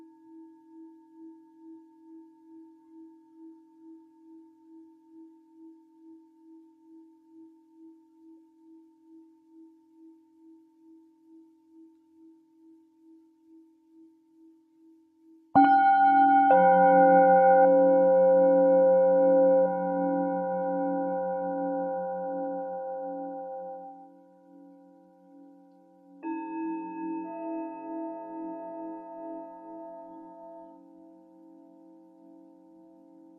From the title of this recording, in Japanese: シンギングボウルでほっこりサウンドヒーリング